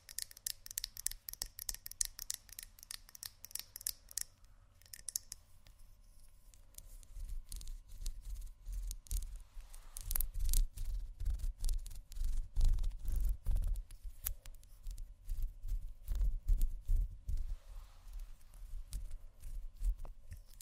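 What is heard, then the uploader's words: Someone rummages through a makeup bag, with quick clicks, taps and small plastic knocks. The first few seconds are bright and snappy, then dull thuds and rustling grow denser and heavier from about seven seconds on, continuing busily to the end. ASMR Rummaging Through My Makeup Bag （No Talking）.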